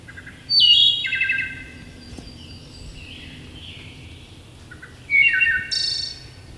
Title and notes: Wood Thrush. Macaulay Library at Cornell Lab of Ornithology